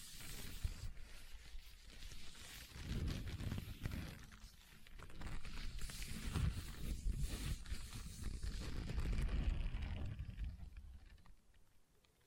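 Leather being tapped and scratched, a dense, uneven run of soft thuds and rough rubbing strokes with no steady rhythm. The scraping swells around three, six and nine seconds, dips briefly near four and a half, and fades out after ten seconds.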